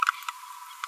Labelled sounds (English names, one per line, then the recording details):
Green-rumped Parrotlet babbling
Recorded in a nest box in Venezuela
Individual 18B25A4